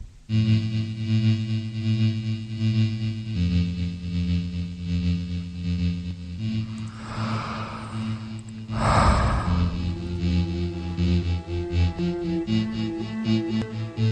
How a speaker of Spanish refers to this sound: Esta respiración ya la conocemos también, me parece que sí, a ver.